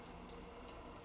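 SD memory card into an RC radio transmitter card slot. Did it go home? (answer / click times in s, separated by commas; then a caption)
yes / 0.7 s. An SD memory card is pushed into the card slot of a powered-off RC radio transmitter. There is a faint tick near 0.3 s, then a sharp click at 0.7 s as the card latches. The card is seated.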